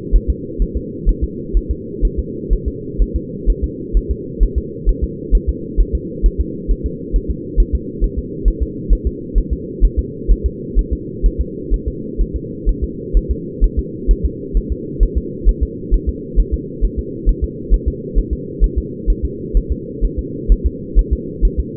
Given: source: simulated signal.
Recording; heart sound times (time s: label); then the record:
fetal heart sounds
0.16 s: S1
0.30 s: S2
0.62 s: S1
0.77 s: S2
1.09 s: S1
1.24 s: S2
1.57 s: S1
1.71 s: S2
2.05 s: S1
2.19 s: S2
2.53 s: S1
2.68 s: S2
3.02 s: S1
3.16 s: S2
3.50 s: S1
3.64 s: S2
3.97 s: S1
4.11 s: S2
4.43 s: S1
4.58 s: S2
4.89 s: S1
5.04 s: S2
5.35 s: S1
5.49 s: S2
5.80 s: S1
5.95 s: S2
6.26 s: S1
6.40 s: S2
6.71 s: S1
6.86 s: S2
7.16 s: S1
7.31 s: S2
7.60 s: S1
7.75 s: S2
8.04 s: S1
8.18 s: S2
8.48 s: S1
8.62 s: S2
8.93 s: S1
9.07 s: S2
9.38 s: S1
9.53 s: S2
9.84 s: S1
9.99 s: S2
10.31 s: S1
10.46 s: S2
10.79 s: S1
10.93 s: S2
11.26 s: S1
11.41 s: S2
11.74 s: S1
11.88 s: S2
12.21 s: S1
12.36 s: S2
12.69 s: S1
12.84 s: S2
13.17 s: S1
13.31 s: S2
13.64 s: S1
13.79 s: S2
14.11 s: S1
14.25 s: S2
14.57 s: S1
14.72 s: S2
15.03 s: S1
15.18 s: S2
15.49 s: S1
15.63 s: S2
15.94 s: S1
16.09 s: S2
16.40 s: S1
16.54 s: S2
16.85 s: S1
16.99 s: S2
17.29 s: S1
17.44 s: S2
17.74 s: S1
17.88 s: S2
18.18 s: S1
18.33 s: S2
18.64 s: S1
18.78 s: S2
19.10 s: S1
19.25 s: S2
19.57 s: S1
19.72 s: S2
20.05 s: S1
20.19 s: S2
20.52 s: S1
20.66 s: S2
20.99 s: S1
21.13 s: S2
21.45 s: S1
21.60 s: S2
From the record:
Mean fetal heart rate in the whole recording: 130 bpm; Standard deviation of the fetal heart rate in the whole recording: 2 bpm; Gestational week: 36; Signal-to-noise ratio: -4.1 dB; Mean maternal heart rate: no maternal heart sound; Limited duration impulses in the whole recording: absent